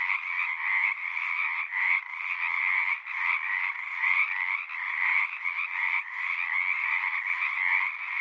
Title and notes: Pacific Tree Frog. Frog Ponds of Magnusson Park